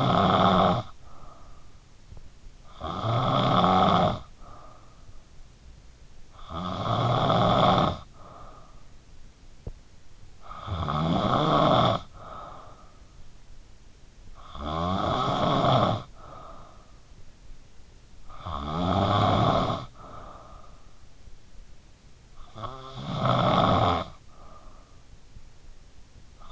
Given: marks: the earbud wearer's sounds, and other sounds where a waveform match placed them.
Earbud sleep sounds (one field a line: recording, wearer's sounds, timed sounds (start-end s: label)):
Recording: sounds in sleep by an in-ear microphone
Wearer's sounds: snoring breath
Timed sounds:
0.00-26.52 s: snoring breath